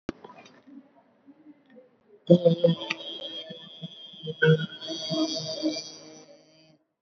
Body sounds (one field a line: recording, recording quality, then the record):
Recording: sustained vowel as in made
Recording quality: excellent, no background noise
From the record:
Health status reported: recovered from COVID-19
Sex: female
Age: 65 years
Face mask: worn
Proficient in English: no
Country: India